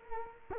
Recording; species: mosquito wingbeat signal from an infrared sensor; Culex quinquefasciatus